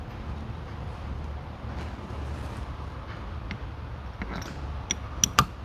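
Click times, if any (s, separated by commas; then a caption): 5.2 s, 5.4 s. Metal internal mechanism parts of a Matco 3/8" stubby impact wrench are pushed into its housing during a rebuild, with a low steady rumble underneath. A few light knocks and clicks come from the repeated pushes, then the parts pop together and seat with two sharp metallic clicks at 5.2 s and 5.4 s.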